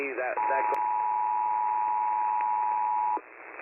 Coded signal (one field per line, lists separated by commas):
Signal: Emergency Alert System (SAME) tones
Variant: 853 and 960 Hz attention tone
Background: speech